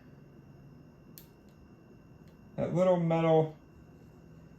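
The metal locking flap on the game card reader connector of a Nintendo Switch handheld console, being repaired because it won't read game cartridges, is pressed down until it latches with a faint, short, high click at 1.2 s. A low hum runs underneath, and someone talks afterward.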